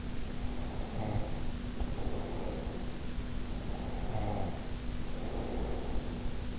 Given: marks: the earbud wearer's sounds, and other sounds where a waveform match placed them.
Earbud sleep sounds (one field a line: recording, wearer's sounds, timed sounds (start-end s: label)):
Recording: sounds in sleep by an in-ear microphone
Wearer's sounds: snoring breath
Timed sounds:
0.13-3.28 s: snoring breath
3.51-6.39 s: snoring breath